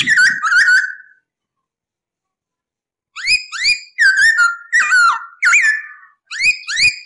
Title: MASTERAN AMPUH SUARA BURUNG POKSAY HONGKONG GACOR 1